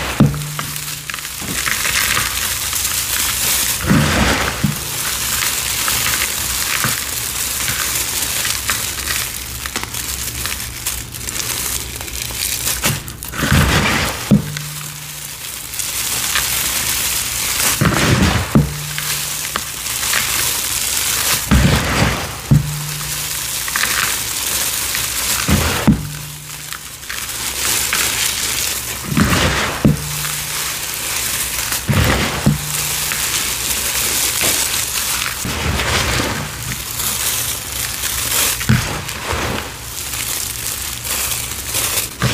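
Gym chalk and cornstarch are crushed and worked by hand, giving a dense, steady crackle and soft crunching throughout. Sharper crumbling bursts stand out about every four seconds, each with a brief low thud, while fine gritty hiss fills the gaps between them.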